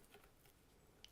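A nasal pillow cushion is refitted by hand onto the plastic frame of a Fisher & Paykel Brevida CPAP mask, giving a few soft ticks and taps. A short, sharp, faint click follows at 1.0 s as the cushion seats on the frame.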